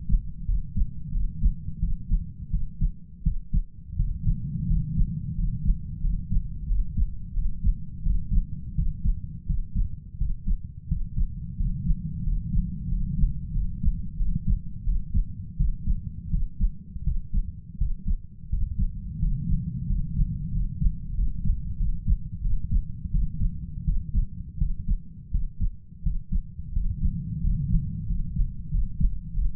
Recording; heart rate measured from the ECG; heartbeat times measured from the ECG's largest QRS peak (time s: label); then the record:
heart sounds by stethoscope; 87 bpm
0.46 s: heartbeat
1.12 s: heartbeat
1.80 s: heartbeat
2.50 s: heartbeat
3.23 s: heartbeat
3.96 s: heartbeat
4.67 s: heartbeat
5.35 s: heartbeat
6.01 s: heartbeat
6.67 s: heartbeat
7.34 s: heartbeat
8.03 s: heartbeat
8.75 s: heartbeat
9.46 s: heartbeat
10.18 s: heartbeat
10.88 s: heartbeat
11.56 s: heartbeat
12.23 s: heartbeat
12.89 s: heartbeat
13.53 s: heartbeat
14.17 s: heartbeat
14.84 s: heartbeat
15.56 s: heartbeat
16.30 s: heartbeat
17.04 s: heartbeat
17.78 s: heartbeat
18.49 s: heartbeat
19.19 s: heartbeat
19.87 s: heartbeat
20.51 s: heartbeat
21.15 s: heartbeat
21.77 s: heartbeat
22.41 s: heartbeat
23.11 s: heartbeat
23.84 s: heartbeat
24.58 s: heartbeat
25.31 s: heartbeat
26.02 s: heartbeat
26.73 s: heartbeat
27.41 s: heartbeat
28.06 s: heartbeat
28.71 s: heartbeat
29.34 s: heartbeat
From the record:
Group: healthy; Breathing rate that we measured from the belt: 8 breaths a minute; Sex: male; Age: 33 years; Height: 179 cm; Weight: 80.4 kg